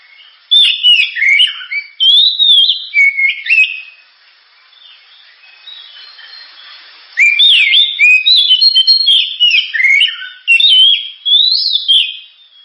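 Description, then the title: Oriental magpie-robin song: rich, varied whistled and warbled phrases in loud bursts, a quiet pause of several seconds, then another fast burst of mixed notes. Constantly singing ('gacor'), sharp, very loud song, described as suited as a lure ('pancingan') to prompt other birds to sing. "Kacer Gacor Suara Tajam. Kacer Gacor Suara Super Kenceng Cocok untuk Pancingan"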